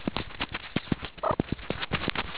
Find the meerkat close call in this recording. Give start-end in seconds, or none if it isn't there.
1.21-1.37